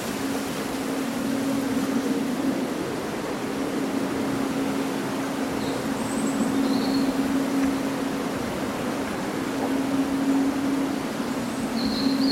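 A summer breeze sets leaves rustling in a steady, dense hiss that barely changes across the whole stretch. A low, even hum runs underneath throughout. Brief high bird chirps break through now and then, around the middle and again near the end.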